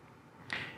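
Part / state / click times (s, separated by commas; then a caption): clip-on anamorphic lens onto action camera lens mount / seated / 0.5 s. A clip-on anamorphic lens, with its rubber protectors removed, is lined up diagonally on the lens mount of a GoPro HERO 9/10/11 action camera and twisted clockwise. After quiet handling, one sharp snap-like click sounds at 0.5 s as it snaps into place. The lens sits tight on the mount with no gap.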